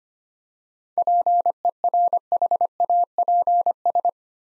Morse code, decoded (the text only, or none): PERHAPS